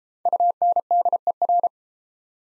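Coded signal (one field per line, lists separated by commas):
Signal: Morse code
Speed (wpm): 30 wpm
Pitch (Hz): 700 Hz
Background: none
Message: UNDER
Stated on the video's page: Morse drill of prefixes and suffixes in speed-racing format, starting at 1.5 times 22 wpm and slowing to 22 wpm; final repeat at maximum speed.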